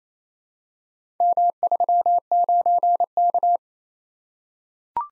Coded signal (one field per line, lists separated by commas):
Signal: Morse code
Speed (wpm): 28 wpm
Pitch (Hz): 700 Hz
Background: none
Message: M39K